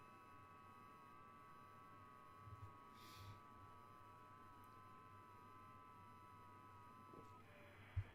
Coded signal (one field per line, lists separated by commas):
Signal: FT8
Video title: Livestream operating HF - both phone and FT8